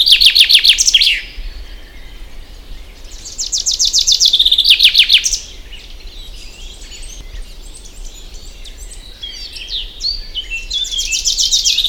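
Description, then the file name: Common chaffinch song: the end of a cut-off phrase, then a full rattling trill ending in a flourish, and the start of a third. "Fringilla coelebs"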